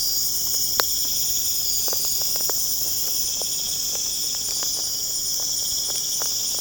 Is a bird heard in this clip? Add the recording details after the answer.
no. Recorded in pastures near Puerto Asís, Putumayo, Colombia, on 23 June 2025 at 23:00. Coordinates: 0.496, -76.326. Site GP01